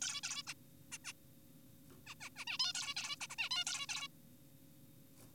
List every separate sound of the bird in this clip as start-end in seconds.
0.02-0.21, 0.23-0.43, 0.47-0.54, 0.92-0.98, 1.05-1.13, 2.07-2.15, 2.21-2.29, 2.37-2.45, 2.48-2.58, 2.60-2.73, 2.75-2.95, 2.97-3.16, 3.21-3.27, 3.30-3.35, 3.39-3.49, 3.51-3.65, 3.67-3.86, 3.89-4.08